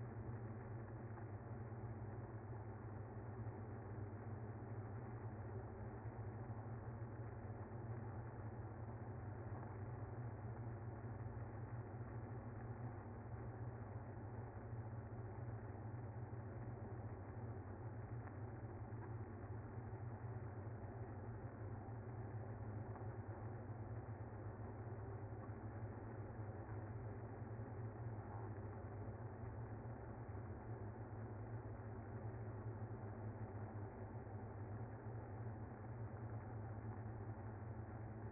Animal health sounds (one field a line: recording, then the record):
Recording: honeybee colony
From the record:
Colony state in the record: active